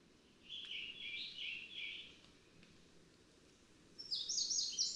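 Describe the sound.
Scarlet tanager singing a run of coarse, burry notes for about a second and a half, followed by a higher, thinner burst of notes; light background hiss throughout.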